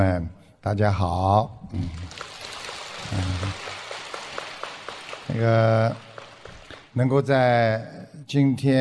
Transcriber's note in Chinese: 掌声